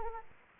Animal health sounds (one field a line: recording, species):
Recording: mosquito wingbeat signal from an infrared sensor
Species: Anopheles arabiensis